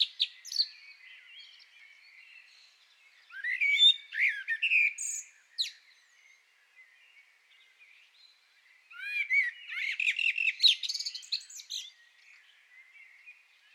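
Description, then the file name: Common blackbird song, two phrases of squeaky notes ending in dense twitters, separated by a quiet pause. "Turdus merula"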